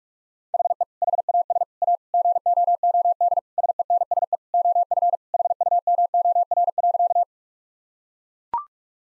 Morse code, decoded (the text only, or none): HE HAS A GOOD SENSE OF HUMOR.